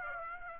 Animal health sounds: mosquito wingbeat signal from an infrared sensor; Aedes aegypti

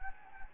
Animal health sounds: mosquito wingbeat signal from an infrared sensor; Anopheles gambiae

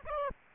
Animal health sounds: mosquito wingbeat signal from an infrared sensor; Aedes aegypti

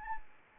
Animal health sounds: mosquito wingbeat signal from an infrared sensor; Anopheles arabiensis

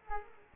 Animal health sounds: mosquito wingbeat signal from an infrared sensor; Culex quinquefasciatus

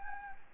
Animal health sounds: mosquito wingbeat signal from an infrared sensor; Anopheles gambiae

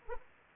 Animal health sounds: mosquito wingbeat signal from an infrared sensor; Anopheles arabiensis

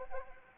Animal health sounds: mosquito wingbeat signal from an infrared sensor; Anopheles arabiensis

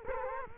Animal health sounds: mosquito wingbeat signal from an infrared sensor; Culex quinquefasciatus

